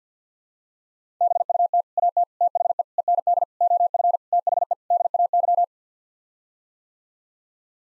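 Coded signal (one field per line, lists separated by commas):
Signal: Morse code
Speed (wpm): 50 wpm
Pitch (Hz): 700 Hz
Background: none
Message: BUT AT THE END OF THE DAY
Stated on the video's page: Head-copy drill of sets of seven-word n-grams sent in Morse at 50 wpm.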